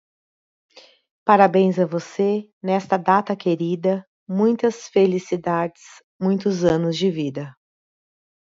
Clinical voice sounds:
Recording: short text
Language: Brazilian Portuguese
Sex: female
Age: 40 to 49 years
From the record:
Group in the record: control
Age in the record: 49 years

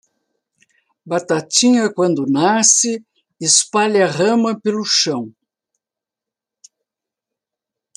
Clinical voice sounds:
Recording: short text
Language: Brazilian Portuguese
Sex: female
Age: 60 to 69 years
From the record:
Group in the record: control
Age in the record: 67 years

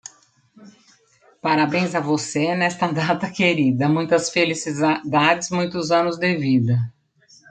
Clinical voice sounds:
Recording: short text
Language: Brazilian Portuguese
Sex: female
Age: 50 to 59 years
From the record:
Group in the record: control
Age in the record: 54 years

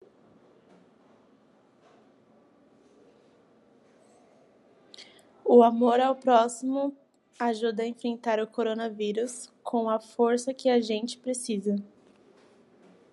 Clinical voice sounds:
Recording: spoken sentence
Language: Brazilian Portuguese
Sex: female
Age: 20 to 29 years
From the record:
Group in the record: control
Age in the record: 23 years

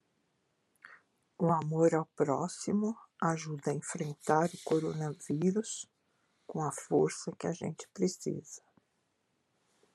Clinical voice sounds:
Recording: spoken sentence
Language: Brazilian Portuguese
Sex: female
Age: 60 to 69 years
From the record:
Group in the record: control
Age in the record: 62 years

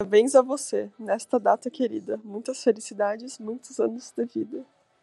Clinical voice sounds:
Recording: short text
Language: Brazilian Portuguese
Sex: female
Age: 20 to 29 years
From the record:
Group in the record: control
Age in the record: 21 years

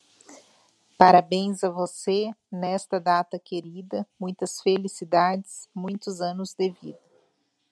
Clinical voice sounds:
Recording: short text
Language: Brazilian Portuguese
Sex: female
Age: 40 to 49 years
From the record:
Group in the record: control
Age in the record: 48 years

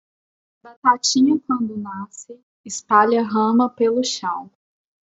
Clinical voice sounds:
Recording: short text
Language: Brazilian Portuguese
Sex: female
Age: 20 to 29 years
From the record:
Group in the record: control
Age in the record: 29 years

